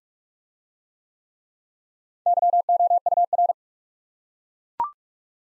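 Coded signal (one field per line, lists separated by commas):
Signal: Morse code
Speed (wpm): 39 wpm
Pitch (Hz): 700 Hz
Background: none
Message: YOUR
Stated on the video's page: Morse practice of common QSO elements in speed-racing format, starting fast and slowing to 30 wpm base, final repeat at maximum speed.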